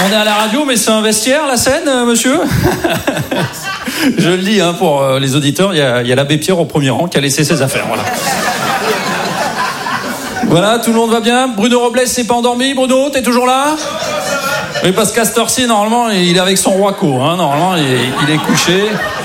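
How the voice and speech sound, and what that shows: A comedian speaks fluent, lively French live on stage at the Rire et Chanson Comedy Club to an audience: clear ordinary speech, with light chuckling in the room.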